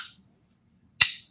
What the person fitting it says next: And so it just snaps into place.